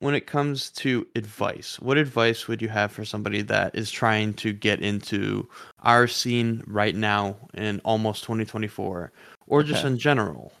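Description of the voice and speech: A man with a low, steady voice asks a fluent conversational question in a small room; ordinary speech.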